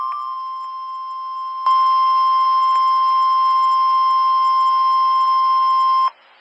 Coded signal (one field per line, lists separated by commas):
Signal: Emergency Alert System (SAME) tones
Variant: 1050 Hz attention tone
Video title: Severe Thunderstorm Warning Norman,OK EAS#38